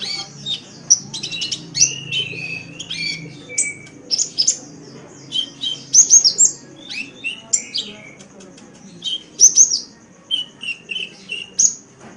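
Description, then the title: Oriental magpie-robin song: varied high whistles, sharp chips and short rising and falling notes in irregular bursts, with faint low background noise. "Kicau Kacer"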